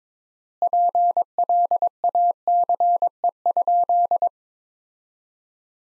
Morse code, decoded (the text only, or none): PLACE?